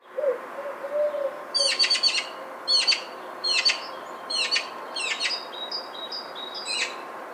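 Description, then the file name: Eurasian magpie giving a series of dry, rattling chatter bursts in several clipped groups. "Pica pica"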